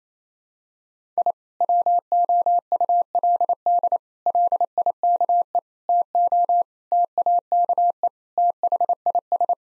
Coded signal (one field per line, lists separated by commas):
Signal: Morse code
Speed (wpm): 28 wpm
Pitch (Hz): 700 Hz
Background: none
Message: I WOULD LIKE TO TAKE THIS